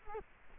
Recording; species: mosquito wingbeat signal from an infrared sensor; Culex quinquefasciatus